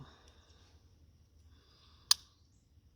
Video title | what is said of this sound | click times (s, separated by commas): great Eastern cutlery the BEAVER TAIL 1OF25 421112 #gecs #awesome #usa | oo that's got that's got a lock up now | 2.1 s